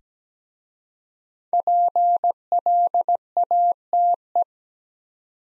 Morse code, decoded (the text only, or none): PLATE